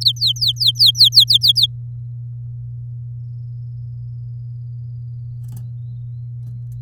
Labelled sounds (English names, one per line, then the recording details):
Domestic Canary song
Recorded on 7 May 2018 at 14:24
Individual llb16